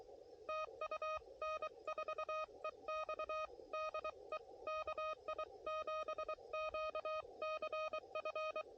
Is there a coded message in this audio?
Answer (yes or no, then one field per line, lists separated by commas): yes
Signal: Morse code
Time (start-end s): 0.5-8.6 s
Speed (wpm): 23 wpm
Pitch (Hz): 620 Hz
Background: none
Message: TU N4EX DE KI7QCF